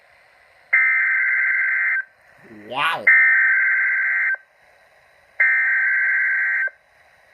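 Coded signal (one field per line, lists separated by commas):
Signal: Emergency Alert System (SAME) tones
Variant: header bursts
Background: speech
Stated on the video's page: NOAA Weather Radio messages from station in Jefferson, NC, including a Tornado Watch.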